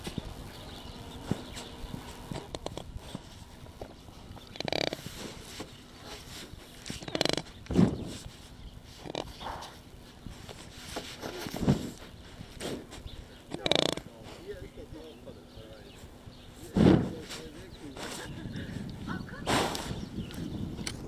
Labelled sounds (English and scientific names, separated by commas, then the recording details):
Mule Deer (Odocoileus hemionus) call
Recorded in captivity
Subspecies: hemionus
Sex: male
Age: adult
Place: Tierpark Berlin, Berlin, DE
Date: 1967-11-19
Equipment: Uher 4000 Report-S, Transistorverstärker II, Sennheiser MD 421
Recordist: Tembrock, Günter